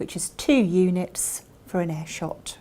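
Someone talks while handling the dose dial on an insulin injector pen, preparing to turn it four half-unit detent clicks to set two units for an air shot. Only speech is heard; nothing has clicked or seated yet.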